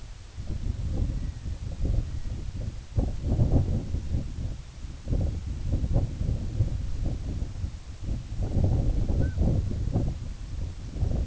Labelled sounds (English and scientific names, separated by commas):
Red-throated Loon (Gavia stellata), unidentified sound